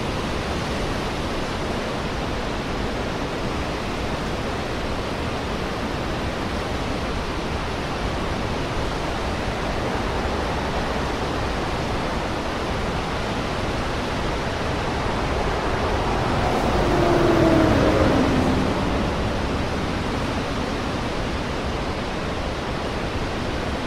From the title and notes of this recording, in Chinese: ASMR海浪聲。